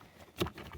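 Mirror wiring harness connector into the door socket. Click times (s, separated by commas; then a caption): 0.4 s. A MOSTPLUS tow mirror's wiring harness connector on a Chevy Silverado is pushed into its socket in the door until it clicks. A sharp click sounds at 0.4 s, followed by a few fainter clicks and handling noises. The connector is seated back in.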